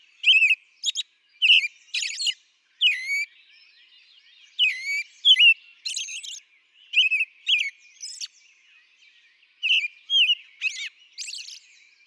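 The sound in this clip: American robin song of bright whistled slurs and high squeaky notes in bursts, with brief quiet gaps.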